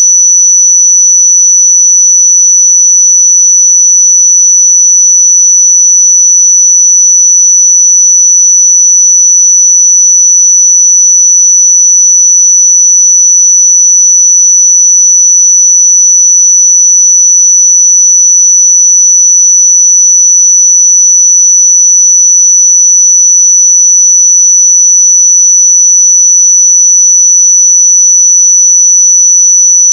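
A pure 5941 Hz sine tone holds perfectly steady and unbroken for the whole clip, high and thin, with nothing else audible.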